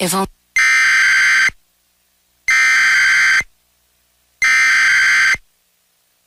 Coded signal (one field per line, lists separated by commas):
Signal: Emergency Alert System (SAME) tones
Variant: header bursts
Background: speech